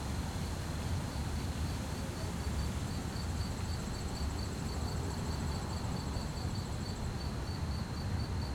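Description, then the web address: Cricket chirps pulse rapidly and evenly throughout, joined after a few seconds by a thin, higher trill that stops near seven seconds, all above a dull low hum. Fast-chirping crickets at night on a quiet street, with distant activity and slight wind; stereo. "GDC 2017-Game Audio Bundle Articulated Sounds - Quiet Streets QUIET STREET Night fast chirp crickets, distant activities, slight wind"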